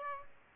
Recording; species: mosquito wingbeat signal from an infrared sensor; Aedes albopictus